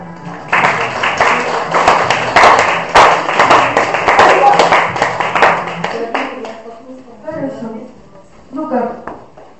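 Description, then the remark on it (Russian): A group breaks into steady, dense applause that lasts about five seconds, then the clapping dies away and voices start talking. “И аплодисменты.”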